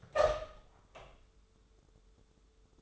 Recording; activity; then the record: daily activity, microphone in the room; open door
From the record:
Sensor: 3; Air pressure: 1015.2 hPa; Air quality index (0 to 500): 176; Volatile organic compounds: 15 ppm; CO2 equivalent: 2521 ppm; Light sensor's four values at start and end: 16/40/16/17 and 16/40/16/17